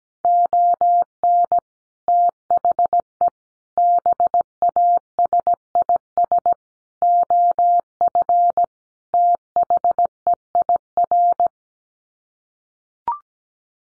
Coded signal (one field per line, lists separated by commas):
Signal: Morse code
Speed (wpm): 17 wpm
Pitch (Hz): 700 Hz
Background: none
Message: ON THE BASIS OF THEIR